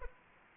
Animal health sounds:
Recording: mosquito wingbeat signal from an infrared sensor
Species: Aedes aegypti

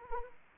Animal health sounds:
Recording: mosquito wingbeat signal from an infrared sensor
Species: Anopheles arabiensis

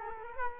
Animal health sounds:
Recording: mosquito wingbeat signal from an infrared sensor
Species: Culex quinquefasciatus

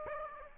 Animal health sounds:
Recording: mosquito wingbeat signal from an infrared sensor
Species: Aedes aegypti

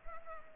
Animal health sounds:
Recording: mosquito wingbeat signal from an infrared sensor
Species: Culex pipiens

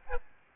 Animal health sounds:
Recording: mosquito wingbeat signal from an infrared sensor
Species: Aedes albopictus

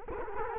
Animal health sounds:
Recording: mosquito wingbeat signal from an infrared sensor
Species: Culex quinquefasciatus

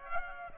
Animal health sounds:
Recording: mosquito wingbeat signal from an infrared sensor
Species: Aedes aegypti

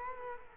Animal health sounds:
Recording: mosquito wingbeat signal from an infrared sensor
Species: Culex quinquefasciatus

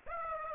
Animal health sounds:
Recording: mosquito wingbeat signal from an infrared sensor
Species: Aedes aegypti

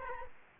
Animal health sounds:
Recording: mosquito wingbeat signal from an infrared sensor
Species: Aedes aegypti

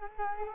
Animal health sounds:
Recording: mosquito wingbeat signal from an infrared sensor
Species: Culex quinquefasciatus

